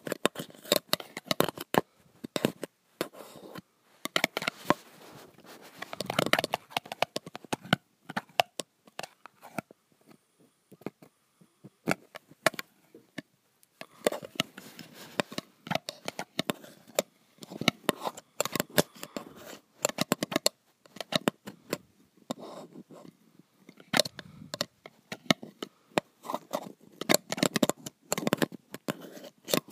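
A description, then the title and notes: Graphite scrapes and taps against metal in quick, dense bursts of sharp, bright clicks and scratches, dry. Clusters of strokes come and go with short pauses, notably near 10 and 23 seconds. ASMR Graphite on Metal.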